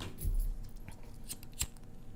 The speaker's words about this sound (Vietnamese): Châm lại điếu thuốc đã, nó tắt rồi.